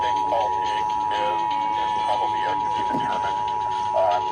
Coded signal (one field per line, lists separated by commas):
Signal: Emergency Alert System (SAME) tones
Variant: 853 and 960 Hz attention tone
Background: speech